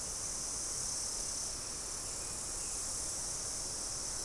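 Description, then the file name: Insect chorus, an even, unbroken high-pitched buzz running throughout, mixed with constant low hissing background noise. "mainly insect"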